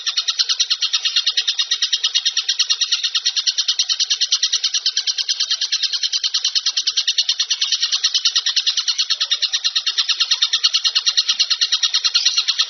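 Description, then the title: High twittering bird song runs without pause, a thick buzzy chatter beating in rapid even pulses from start to end. Most complete masteran compilation for training songbirds. "Masteran burung terlengkap"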